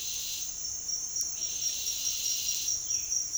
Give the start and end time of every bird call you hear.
[2.80, 3.19] bird call (1.9-4.2 kHz)

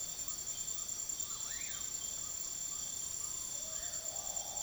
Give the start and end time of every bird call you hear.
[0.00, 4.62] bird call (0.7-3.0 kHz)

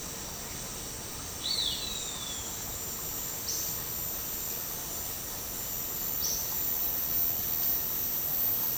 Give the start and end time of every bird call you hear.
[1.32, 2.39] bird call (2.0-5.1 kHz)
[3.42, 3.77] bird call (4.1-6.7 kHz)
[6.11, 6.54] bird call (3.0-6.9 kHz)

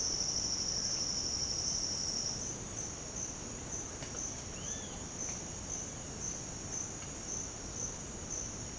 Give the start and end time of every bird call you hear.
[4.45, 5.03] bird call (1.2-4.2 kHz)

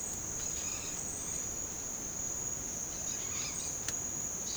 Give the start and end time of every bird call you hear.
[0.35, 1.04] bird call (1.0-6.1 kHz)
[2.77, 3.69] bird call (1.1-5.7 kHz)

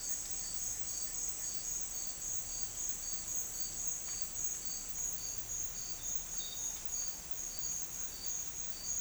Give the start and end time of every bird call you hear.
[0.00, 1.53] bird call (1.1-2.7 kHz)

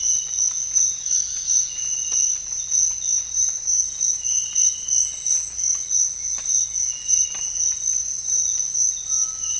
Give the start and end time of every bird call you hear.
[9.07, 9.53] bird call (0.8-1.7 kHz)

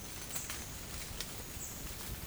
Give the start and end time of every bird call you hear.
[0.00, 1.75] bird call (5.4-8.4 kHz)

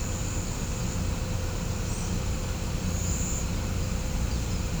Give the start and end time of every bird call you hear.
[1.88, 2.09] bird call (5.1-9.2 kHz)

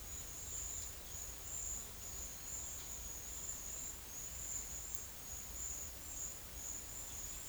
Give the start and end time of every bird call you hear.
[0.00, 4.29] bird call (2.5-4.6 kHz)

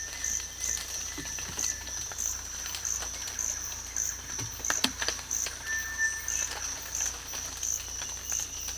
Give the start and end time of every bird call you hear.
[5.57, 6.21] bird call (1.4-2.5 kHz)

